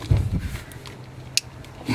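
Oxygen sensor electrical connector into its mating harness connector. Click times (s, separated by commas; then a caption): 1.4 s. An oxygen sensor wiring connector on a Honda is pushed together by hand with its mating harness connector under the vehicle. Low rustling and handling noise lead to a sharp, bright click at 1.4 s. The connector seats, and the click is confirmed as heard.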